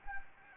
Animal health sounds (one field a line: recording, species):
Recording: mosquito wingbeat signal from an infrared sensor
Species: Anopheles gambiae